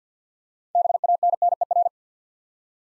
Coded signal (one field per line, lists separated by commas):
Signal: Morse code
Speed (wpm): 49 wpm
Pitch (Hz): 700 Hz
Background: none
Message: BANNER